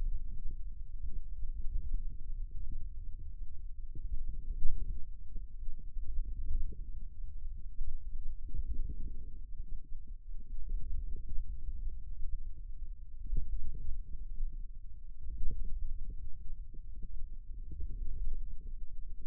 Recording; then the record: forearm muscle sounds (acoustic myography)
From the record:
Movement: wrist extension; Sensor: system 2, bracelet of six BSWA MPA416 microphones around the upper forearm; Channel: 2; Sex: male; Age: 22 years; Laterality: right